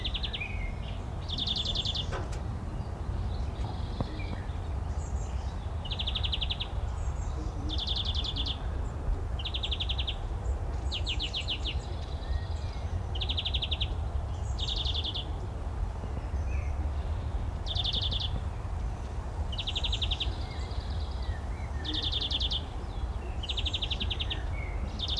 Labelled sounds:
European Greenfinch song
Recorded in the wild
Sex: male
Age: adult
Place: Summt, Grundstück, Brandenburg, DE
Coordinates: 52.6931, 13.3619
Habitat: garden
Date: 1975-05-04 14:00
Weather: 13°C
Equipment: Uher CR 210, Sennheiser MD 421, Verstärker, Kopie Uher 4200
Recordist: Tembrock, Günter

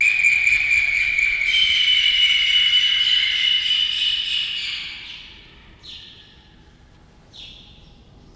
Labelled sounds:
Rufous Hornero call
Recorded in captivity
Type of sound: call sequence
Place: Zoo Berlin, Berlin, DE
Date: 1996-06-01 11:53
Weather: sonnig, 22°C
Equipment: Sony MD-WM MZ-R3, Sennheiser MKH 416 T, Kopie Uher 4000 Report Monitor
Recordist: Tembrock, Günter
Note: Rufreihe (nicht beobachtet), beide Tiere

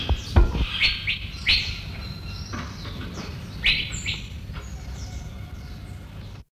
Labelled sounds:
Blue Dacnis song
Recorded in captivity
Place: Zoo Berlin, Berlin, DE
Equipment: Halbspur, 9,5 cm/s
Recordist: Lütgens, Hans
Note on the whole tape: Gesang

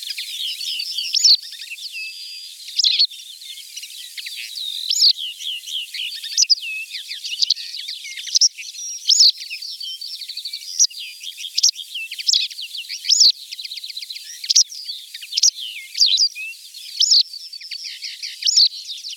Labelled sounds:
White Wagtail song
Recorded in the wild
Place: Neuenwalde / Cuxhaven, Schleswig-Holstein, DE
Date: 1985-05-22
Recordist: Schwarz, Dieter

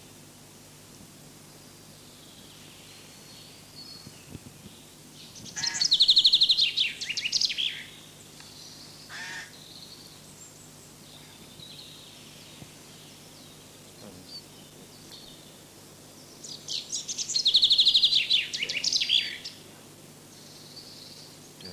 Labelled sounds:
Common Chaffinch song
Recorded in the wild
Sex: male
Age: adult
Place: Hermsdorfer Forsten, Berlin, DE
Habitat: forest
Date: 2006-04-15 13:10
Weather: sunny, ca. 12°C
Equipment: Grundig CR 110, Sennheiser ME 80, Kopie Uher 4000 Report Monitor
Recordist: Tembrock, Günter

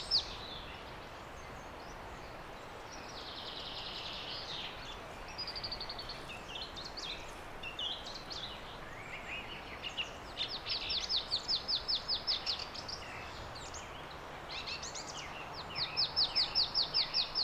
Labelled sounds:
Marsh Tit song
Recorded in the wild
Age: adult
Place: Kleinbobritzsch, Erzgebirge, Sachsen, DE
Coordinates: 50.8139, 13.5439
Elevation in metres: 530
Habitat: wood
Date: 2008-03-28 14:34
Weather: fair, 8°C, moderate wnds
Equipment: Sound Devices 702, Sennheiser MKH 70, Windkorb
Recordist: Frommolt, Karl-Heinz

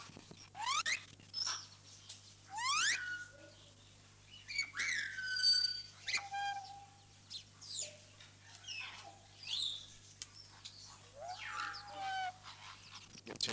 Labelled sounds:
Grey Parrot call
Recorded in captivity
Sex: pair
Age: adult
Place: Vogelpark Niendorf, Schleswig-Holstein, DE
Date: 2006-09-28
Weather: sonnig, 24°C
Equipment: Grundig CR 110, Sennheiser ME 80, Kopie Uher 4000 Report Monitor
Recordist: Tembrock, Günter

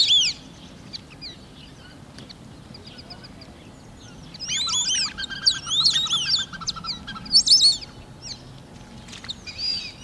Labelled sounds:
White-faced Whistling Duck call
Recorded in captivity
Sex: group
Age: adult
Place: Tierpark Berlin, Berlin, DE
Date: 1981-04-18
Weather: sunny, 1-6°C
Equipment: Nagra SN, Kopie Uher 4200
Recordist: Tembrock, Günter
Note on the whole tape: Gruppe, jagend und rufend. Abstand: 5-8 m

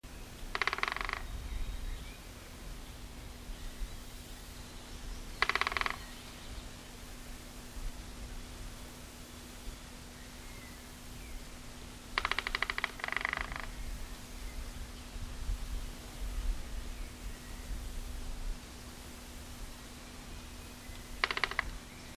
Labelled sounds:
Great Spotted Woodpecker drumming
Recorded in the wild
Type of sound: drumming
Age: adult
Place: Schloß Holte-Stukenbrock, Senne, Nordrhein-Westfalen, DE
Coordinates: 51.8606, 8.65611
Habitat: edge of the woods
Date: 1967-04-30
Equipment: Uher 4000 Report-S, Bändchenmikro Beyer M 260, Parabolspiegel Polyester (470 mm)
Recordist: Conrads, Klaus
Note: Waldecke nahe Gärtnerei (Furlbach-Gebiet). Trommelwirbel

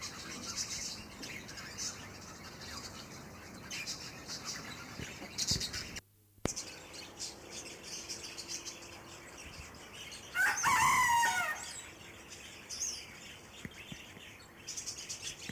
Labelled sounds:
Cockatiel call
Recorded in captivity
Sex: group
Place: Zoo Halle, Sachsen-Anhalt, DE
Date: 2004-12-14 13:17
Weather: sonnig, 2°C
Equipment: Sony WM-D6C, Sennheiser ME 80, Kopie Uher 4000 Report Monitor
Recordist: Tembrock, Günter

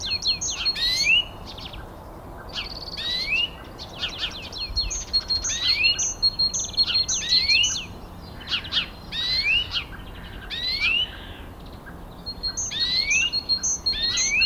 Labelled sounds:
Great Tit song
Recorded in the wild
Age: adult
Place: Zepernick, Barnim, Brandenburg, DE
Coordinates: 52.6497, 13.5435
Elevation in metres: 75
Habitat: garden
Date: 2014-04-21 07:45
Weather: sunny, 10°C, weak winds
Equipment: Sound Devices 702, Sennheiser MKH 70, Rycote Windschutz
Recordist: Frommolt, Karl-Heinz

